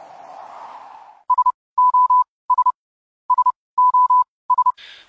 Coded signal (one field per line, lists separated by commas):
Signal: Morse code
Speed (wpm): 30 wpm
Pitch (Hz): 1000 Hz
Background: none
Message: SOS SOS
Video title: Le code Morse et le Braille